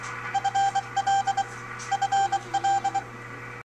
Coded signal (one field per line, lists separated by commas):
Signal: Morse code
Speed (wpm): 24 wpm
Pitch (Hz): 790 Hz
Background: none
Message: FL FL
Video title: The Atronics Digital Morse Code reader